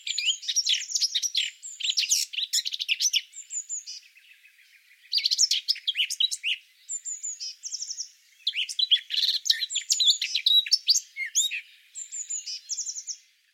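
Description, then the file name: Eurasian blackcap singing in three bursts of rapid, jumbled twittering that end in brighter whistled notes, separated by brief quiet gaps. "Sylvia atricapilla"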